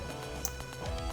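A plastic clip-on piece is pulled off a construction-toy figure or vehicle over steady background music. A single sharp snap is heard at 0.5 s as the piece unclips and comes off.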